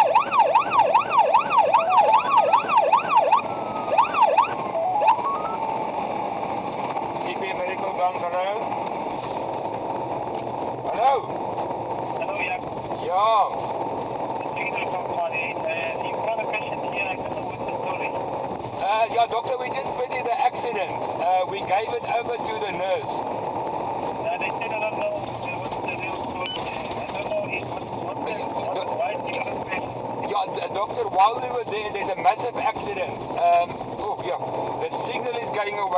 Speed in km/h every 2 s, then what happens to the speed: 120, 120, 122, 118, 112, 112, 111, 112, 116, 120, 122, 125, 122, 107, 96, 101, 103, 105.
0-14 steady at about 112. 14-23 speeds up to 125. 23-27 brakes to 96.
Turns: none.